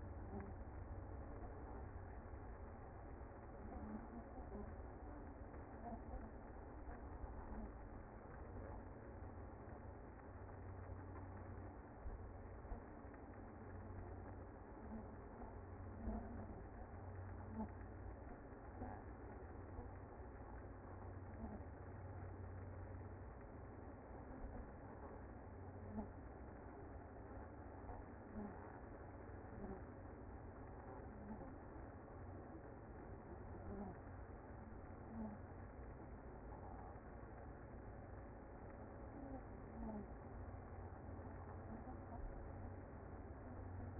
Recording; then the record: honeybee colony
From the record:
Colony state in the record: active